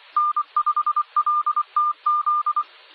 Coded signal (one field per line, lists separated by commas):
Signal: Morse code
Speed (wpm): 24 wpm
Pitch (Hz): 1200 Hz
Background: none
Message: N5LTZ